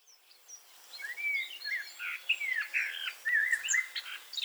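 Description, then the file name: Common blackbird song, a run of mellow whistled and warbled notes with sharper high twitters mixed in. "Turdus merula"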